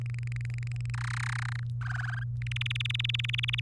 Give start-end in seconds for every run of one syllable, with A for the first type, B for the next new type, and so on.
0.06-0.90 A, 0.94-1.63 B, 1.81-2.23 C, 2.42-3.60 D